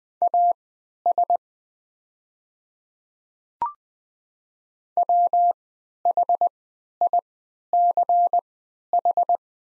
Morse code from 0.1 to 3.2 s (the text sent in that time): AS